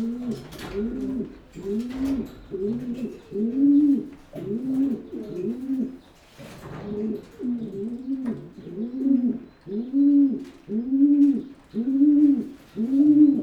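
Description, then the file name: Pigeon cooing in long rhythmic runs of low hoots, briefly interrupted by clatter, then resuming strongly at about one coo per second. "holub"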